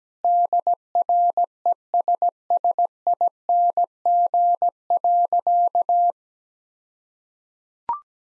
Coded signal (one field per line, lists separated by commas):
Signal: Morse code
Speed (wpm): 17 wpm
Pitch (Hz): 700 Hz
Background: none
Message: DRESSING.